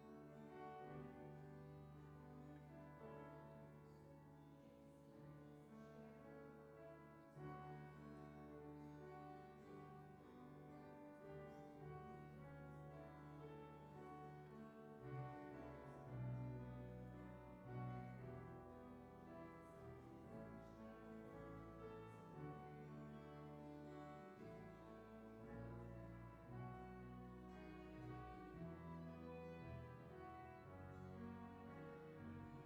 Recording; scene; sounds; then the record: everyday scene through a hearing-aid microphone; reverberant space; music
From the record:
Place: church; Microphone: behind the ear, left, front